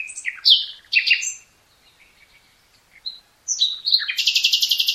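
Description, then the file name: Common nightingale song: varied chirps and whistles, a short lull, then a loud, rapid, evenly repeated trill to the end. "Luscinia megarhynchos"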